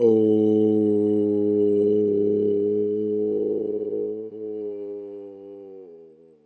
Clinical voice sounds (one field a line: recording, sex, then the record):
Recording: sustained vowel /o/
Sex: male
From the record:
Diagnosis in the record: healthy control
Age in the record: 68 years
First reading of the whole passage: 59 s, 8.7 characters per second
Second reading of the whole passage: 51 s, 9.9 characters per second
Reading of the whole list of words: 42 s, 6.7 characters per second